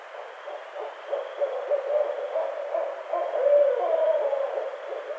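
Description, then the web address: Barred owl delivering a rapid, throaty chain of hoots that grows louder and ends in a drawn-out wavering note. 23 April 2009. "Barred Owl 2009 04 23 Barred Owl 01"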